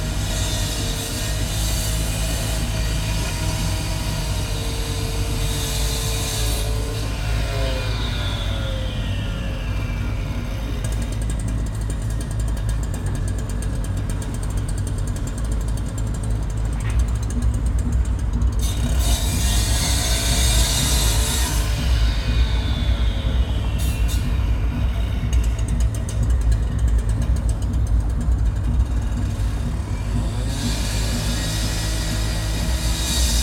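Traffic on a city street seen from a window: a steady low rumble of engines runs throughout, with vehicles passing around 6, 18–22 and 30 seconds, their hiss swelling and fading. A faint voice and occasional squeal sit in the background.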